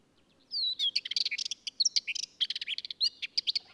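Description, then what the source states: Ménétries's warbler song: a fast, scratchy jumble of high chirps and rattles, starting after a short pause. Song delivered from a clifftop.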